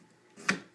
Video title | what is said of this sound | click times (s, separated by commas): Kayak Fishing Set Up | it also locks into place with this little gadget | 0.5 s